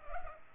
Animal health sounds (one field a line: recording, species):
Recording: mosquito wingbeat signal from an infrared sensor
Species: Culex pipiens